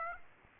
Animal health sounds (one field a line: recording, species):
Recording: mosquito wingbeat signal from an infrared sensor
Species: Aedes aegypti